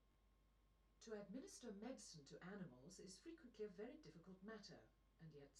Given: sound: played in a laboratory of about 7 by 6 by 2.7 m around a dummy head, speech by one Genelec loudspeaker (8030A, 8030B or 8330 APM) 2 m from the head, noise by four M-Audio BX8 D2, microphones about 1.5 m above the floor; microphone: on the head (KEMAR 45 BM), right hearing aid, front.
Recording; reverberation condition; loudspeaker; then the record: female speech in English; low; 150 degrees to the left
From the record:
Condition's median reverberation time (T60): about 310 ms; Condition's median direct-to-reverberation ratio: about 3.5 dB